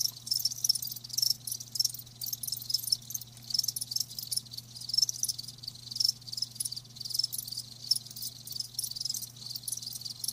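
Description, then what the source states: Crickets giving a continuous high, shimmering trill, with a faint low hum in the background. Live crickets chirping, a lulling song.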